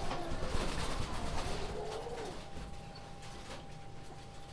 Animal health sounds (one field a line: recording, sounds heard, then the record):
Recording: poultry house recording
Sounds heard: healthy chickens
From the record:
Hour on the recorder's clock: 20